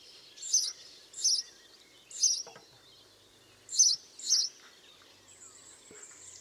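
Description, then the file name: House sparrow giving loud single chirps, five spaced notes over six seconds, with faint background hiss and a few soft clicks. "Passer domesticus"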